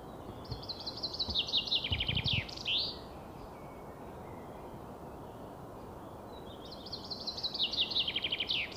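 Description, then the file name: Common chaffinch giving two song phrases several seconds apart, each a descending rattle of bright notes, the first ending in a flourish, with a few low thumps early on. "Fringilla coelebs"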